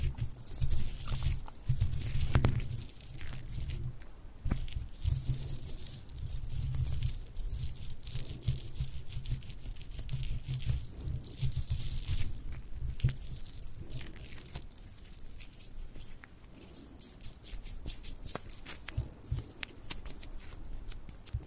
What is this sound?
Ear Massage Trigger